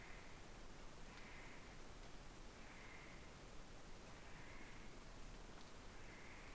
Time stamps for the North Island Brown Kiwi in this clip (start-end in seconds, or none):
none